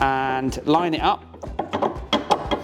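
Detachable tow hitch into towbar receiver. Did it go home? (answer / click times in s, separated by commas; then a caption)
yes / 2.1 s. A detachable steel tow ball hitch for a Brink detachable towbar on a 2025 Auto-Trail motorhome is pushed into its receiver under the bumper, lined up and wiggled up and down while someone talks. Short metallic knocks come at about 1.4 and 1.6 seconds, and a firm metallic clunk at 2.1 seconds marks the hitch locking into place, followed by a lighter knock at 2.5 seconds. The hitch is seated and locked, with the indicator showing green.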